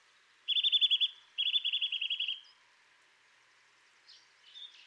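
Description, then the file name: Eurasian nuthatch calling with two quick, high trills of clipped, even notes, each lasting about a second or less, then a few faint chirps. "Sitta europaea"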